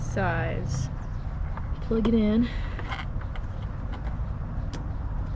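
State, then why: Seated. Someone talks while the wiring connector of a replacement side mirror is plugged into the door wiring harness of a Chevy Sonic. A small plastic click at 3.4 s marks the connector snapping in and seating.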